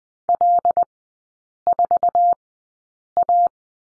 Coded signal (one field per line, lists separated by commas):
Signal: Morse code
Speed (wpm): 20 wpm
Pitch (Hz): 700 Hz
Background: none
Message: L4A